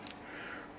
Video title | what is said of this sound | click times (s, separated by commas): Delphi Connector pn 68 Tach lead Connector HEI TPI Engine | press down till you hear it click | 0.1 s